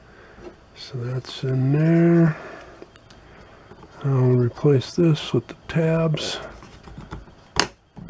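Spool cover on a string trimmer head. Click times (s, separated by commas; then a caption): 7.6 s. Someone talks while pressing the plastic spool cover with its tabs back onto a grass trimmer head. A sharp, loud click at 7.6 s shows the cover snapping into place, and it is seated.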